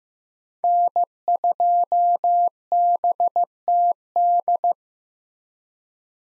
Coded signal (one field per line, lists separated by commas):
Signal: Morse code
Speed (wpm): 16 wpm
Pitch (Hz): 700 Hz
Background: none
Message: N2BTD